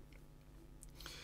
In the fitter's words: So you'll get a little clicking sound when it's all in place nice and securely.